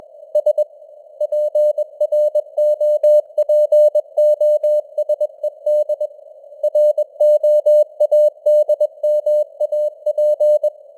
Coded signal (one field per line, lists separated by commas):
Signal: Morse code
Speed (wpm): 21 wpm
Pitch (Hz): 600 Hz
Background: none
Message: S PROPOSED ROADMAP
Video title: Morse Code News | 2025-12-15 | 21wpm